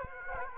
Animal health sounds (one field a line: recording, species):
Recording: mosquito wingbeat signal from an infrared sensor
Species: Aedes aegypti